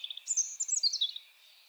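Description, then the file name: European robin song fragment: a brief, very high, silvery warble of quick tumbling notes that fades after about a second. "Erithacus rubecula"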